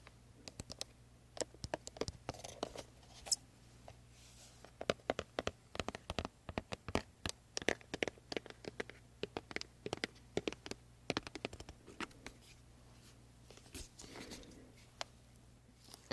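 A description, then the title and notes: Hands work through creamy products in a massage, giving off dense, irregular wet clicks and pats that come in quick bursts throughout. Between them runs a soft rubbing, with a steady low hum held underneath the whole time. ASMR First Person Skin care Room (Korean) (ASMR Boyoung). This Asmr has a lot of creamy products, and a lot of massages.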